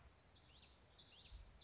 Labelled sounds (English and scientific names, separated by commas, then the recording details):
Common Yellowthroat (Geothlypis trichas)
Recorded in Sonoma County, California